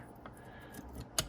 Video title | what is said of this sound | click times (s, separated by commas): RZR front diff/HD Extreme OffRoad Tru-Lok harness test | just gotta line it up here locks | 1.2 s